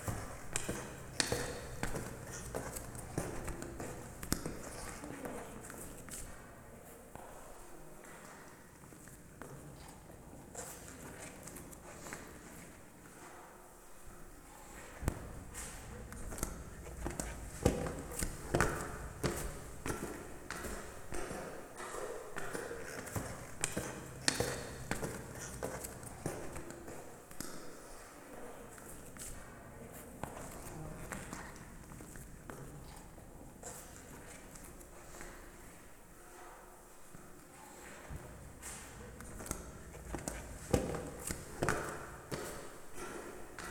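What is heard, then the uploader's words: Flip-flop footsteps slap along steadily, their soft claps repeating at a walking pace throughout. Each step gives a short, dull smack with a faint flap. Low murmuring voices and a constant hum fill the background. Flip-Flop Footsteps in the BATA Shoe Museum.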